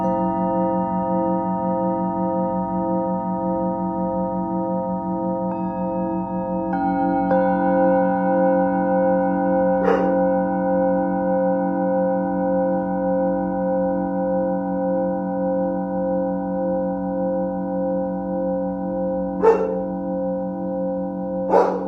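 A Tibetan singing bowl rings with a steady, sustained hum, its layered tones holding evenly throughout. Around seven seconds the tone shifts slightly and fills out, and brief bright clinks or strikes sound near 10, 19 and 21 seconds over the continuous drone.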